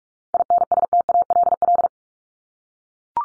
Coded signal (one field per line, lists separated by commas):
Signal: Morse code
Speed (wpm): 44 wpm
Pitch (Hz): 700 Hz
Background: none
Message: INSTALL